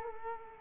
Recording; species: mosquito wingbeat signal from an infrared sensor; Culex quinquefasciatus